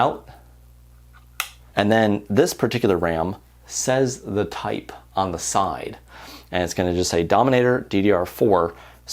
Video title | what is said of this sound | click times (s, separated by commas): Professional Custom Gaming PC Build Guide (Easy To Follow Full Course) | until we hear the clicks we hear a click out of the bottom that it's in and then at the top | 1.4 s